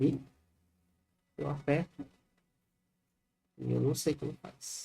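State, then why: Not seated. An SFP transceiver module is pressed into a switch port cage, but it does not go in or latch, and it is suspected to be upside down. Someone talks in short bursts with silent gaps, and no distinct click stands out. Nothing has seated or clicked yet.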